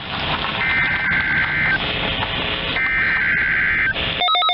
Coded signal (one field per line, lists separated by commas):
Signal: Emergency Alert System (SAME) tones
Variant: header bursts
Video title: MORE TESTING... EAS Tests from 3/1/2021-3/31/2021 (EAS #492-501)